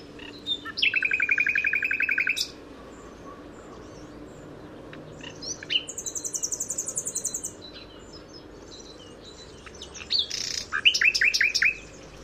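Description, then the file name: Common nightingale song: rapid repeated notes in fast trills near the middle pitch, a high buzzy burst, then further phrases of repeated notes separated by short pauses. "Luscinia megarhynchos"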